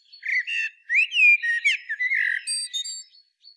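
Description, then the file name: Common blackbird song, a continuous run of rich slurred whistles rising and falling, closing with a couple of thin high squeaks. "Turdus merula"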